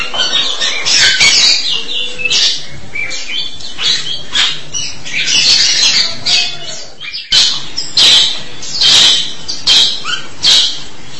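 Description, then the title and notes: Starling song: a busy jumble of squeaky chirps and sharp high notes, pausing briefly before resuming with bright chattering phrases. "suara burung jalak"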